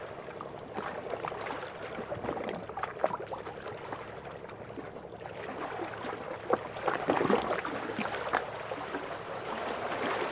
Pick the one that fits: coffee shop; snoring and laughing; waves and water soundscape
waves and water soundscape